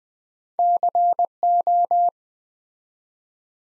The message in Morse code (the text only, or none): CO